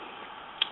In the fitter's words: the filming down till it clucks into place